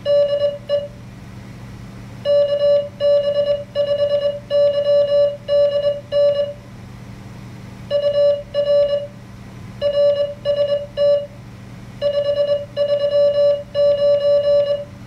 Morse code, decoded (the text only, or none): DE KB5YDN UR RST 539